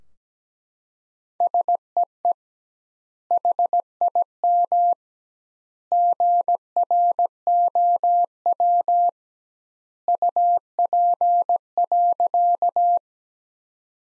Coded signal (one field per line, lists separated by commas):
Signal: Morse code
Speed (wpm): 17 wpm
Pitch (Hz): 700 Hz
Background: none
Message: SEE HIM GROW UP.